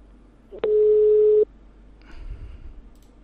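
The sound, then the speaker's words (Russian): A single steady telephone ringback tone as a debt collection department is redialed, a flat mid-pitched hum lasting under a second, sounds loudly over faint line hiss, followed by quiet rustling and low rumble. “Еще раз, ребят, набираем.”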